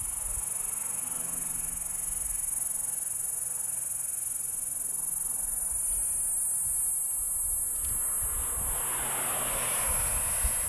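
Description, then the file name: Cicada producing an unbroken high, shrill buzz that runs the whole time. A low rumble and hiss sit underneath. Recorded at Sir Lowry's Pass, South Africa. "P catenata Sir Lowry's Pass"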